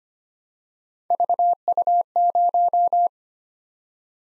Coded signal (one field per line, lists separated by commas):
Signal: Morse code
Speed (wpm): 25 wpm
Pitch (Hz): 700 Hz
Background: none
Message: VU0